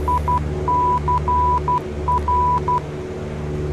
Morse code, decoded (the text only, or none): ICR